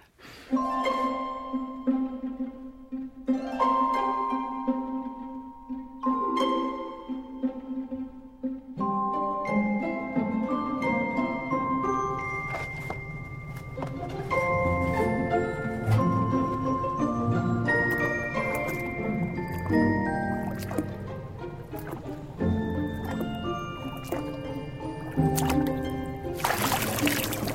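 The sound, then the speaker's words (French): Human voices imitate ocean waves in the film Ponyo, at the first meeting of the boy Sosuke and the goldfish Ponyo, with layered, sustained tones that swell and wash over one another, mixed with soft trickling textures and steady harmonic notes throughout. “Écoutez cette première rencontre, écoutez le bruit des vagues qui, de toute évidence, est fait avec une voix humaine.”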